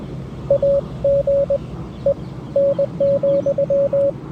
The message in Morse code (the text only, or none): AG E N,